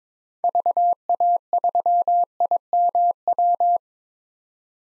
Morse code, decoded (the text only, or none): VA3IMW